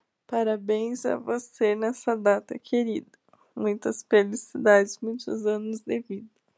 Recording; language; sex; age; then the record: short text; Brazilian Portuguese; female; 20 to 29 years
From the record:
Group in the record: control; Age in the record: 23 years